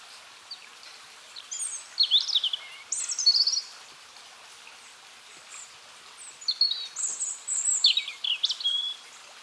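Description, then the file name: European robin song: two groups of high, thin, sliding whistled notes with a silvery wavering quality, separated by a quiet pause. "Erithacus rubecula"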